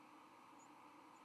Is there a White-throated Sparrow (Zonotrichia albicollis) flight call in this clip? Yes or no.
no